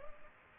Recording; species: mosquito wingbeat signal from an infrared sensor; Culex pipiens